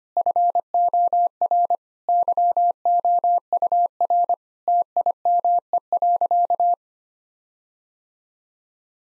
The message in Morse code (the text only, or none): FOR YOUR TIME.